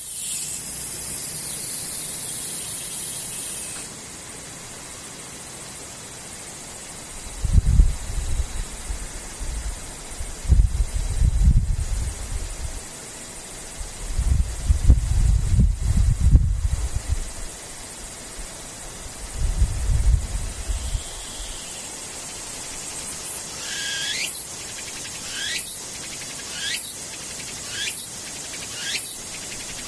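A tsukutsuku-boshi cicada buzzes loudly for the first few seconds, then a thin, steady insect hum carries on. Low rumbling swells rise and fade several times midway, and near the end short rising chirps repeat about once a second.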